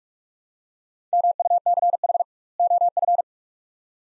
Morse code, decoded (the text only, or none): MUCH OF